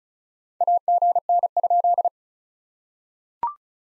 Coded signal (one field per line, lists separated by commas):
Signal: Morse code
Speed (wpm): 37 wpm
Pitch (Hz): 700 Hz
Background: none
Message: AGN?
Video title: POTA QSO Practice - 35wpm